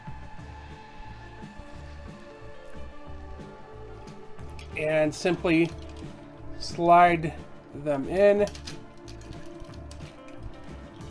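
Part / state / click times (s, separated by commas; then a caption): robot figure into combiner leg as foot / not seated / none. Two limb robot figures, Sunstreaker and Ironhide, are slid as feet into the legs of a Transformers Combiner Wars Ultra Prime combiner, a plastic-on-plastic slide heard faintly under music while someone talks. They do not lock into place, so nothing has seated or clicked and there is no latch click.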